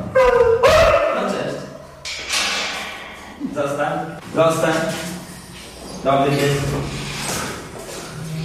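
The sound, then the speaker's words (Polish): A rescue dog lets out a high, drawn-out whimper, then a series of loud, harsh barks and yelping cries spaced a second or two apart, with whiny tones between them. “Dobry pies. Dobry, brawo.”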